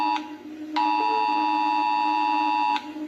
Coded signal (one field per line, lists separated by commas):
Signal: Emergency Alert System (SAME) tones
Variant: 853 and 960 Hz attention tone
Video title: Rating EAS Alarms From Around The World (Part 2)